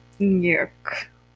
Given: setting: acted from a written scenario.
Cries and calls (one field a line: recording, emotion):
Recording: vocal sound without words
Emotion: disgust